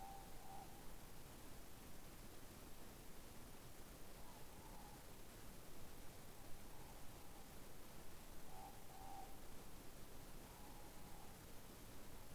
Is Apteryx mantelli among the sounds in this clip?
no